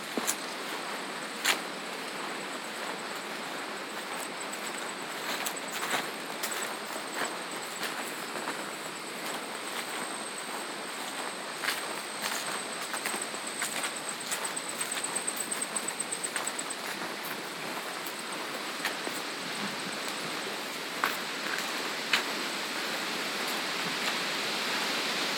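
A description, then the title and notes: Footfalls on a farm trail, a steady walking rhythm of soft crunching steps over a constant hiss. Sharper clicks and snaps stand out now and then, notably near the start and around 22 seconds, while a thin high whine runs through the first two-thirds. Footfalls on a Farm Trail.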